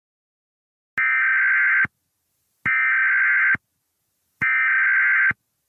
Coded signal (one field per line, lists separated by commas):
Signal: Emergency Alert System (SAME) tones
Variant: header bursts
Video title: EAS Scenario #26 The Malfunctioning Process